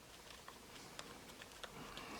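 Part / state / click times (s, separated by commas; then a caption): plastic back frame clipping onto smartphone body / seated / 0.5 s, 1.0 s, 1.4 s, 1.6 s, 2.0 s. The plastic back frame (midframe) of a Galaxy Note Edge smartphone is pressed down around its edges onto the phone body during reassembly after a headphone jack replacement. Faint clicks come one after another at 0.5, 1.0, 1.4, 1.6 and 2.0 seconds as the frame's clips snap into place in different spots, and the frame ends up seated.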